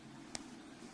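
A Molex terminal pin is pushed back into its plastic connector housing. A single short, sharp click rings out at 0.4 s over a low, steady background hum. The pin is seated good and tight.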